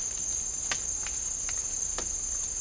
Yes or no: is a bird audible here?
no